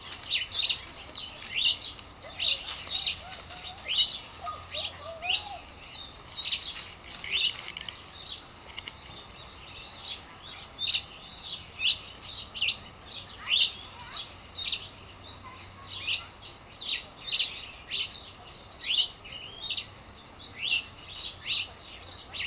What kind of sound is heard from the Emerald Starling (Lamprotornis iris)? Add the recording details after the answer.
call. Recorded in captivity. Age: adult. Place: Zoo Berlin, Berlin, DE. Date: 1997-08-19 13:25. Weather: fair, 26-28°C. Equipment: Marantz CP 130, Mikro CE, Kopie Uher 4000 Report Monitor. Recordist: Tembrock, Günter. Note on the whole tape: Lautfolgen